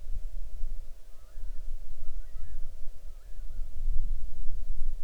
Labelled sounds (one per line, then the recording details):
bird
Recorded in the Arctic National Wildlife Refuge, Alaska, on 6 July 2019 at 00:58
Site 39